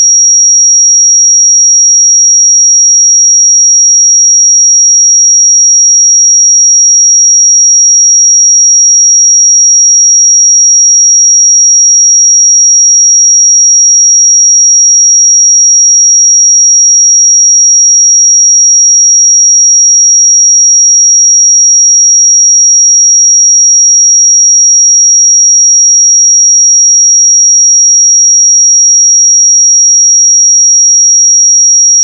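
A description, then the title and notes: A pure 5667 Hz sine tone holds perfectly steady and thin for the whole half minute, high-pitched and unchanging, with nothing else around it. 5667 Hz 1 Hz Interval Sine Pure Tone Frequency 441000 Sample Mono.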